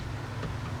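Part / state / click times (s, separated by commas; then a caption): parking brake shoe retainer into brake backing plate / not seated / none. A metal parking brake shoe retainer with a warped washer, which keeps it from backing out, is being worked into the brake backing plate of a 2003-2009 Lexus GX470/Toyota 4Runner during an emergency brake replacement. Only a steady low hum and rumble is heard, with no sharp hits. Nothing has seated or clicked yet.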